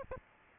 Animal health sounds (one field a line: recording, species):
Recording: mosquito wingbeat signal from an infrared sensor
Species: Aedes albopictus